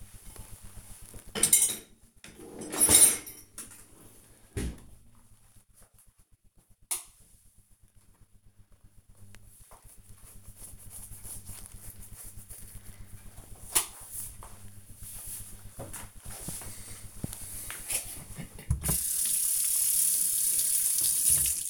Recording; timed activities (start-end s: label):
household activities, microphone on the right wrist
0.00-3.76 s: cleaning out the dishwasher
17.86-21.70 s: cleaning table